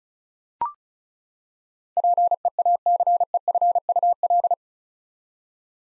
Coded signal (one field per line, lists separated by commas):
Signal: Morse code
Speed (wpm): 34 wpm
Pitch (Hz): 700 Hz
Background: none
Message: PEACEFUL